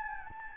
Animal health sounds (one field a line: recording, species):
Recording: mosquito wingbeat signal from an infrared sensor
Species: Anopheles gambiae